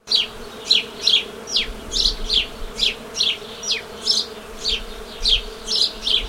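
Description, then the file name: Bird calls, a steady series of sharp high notes sliding downward, repeated at an even pace over a constant low hum. "ptaki"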